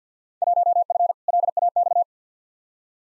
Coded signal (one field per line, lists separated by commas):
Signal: Morse code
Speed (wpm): 45 wpm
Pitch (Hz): 700 Hz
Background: none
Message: 1F LAX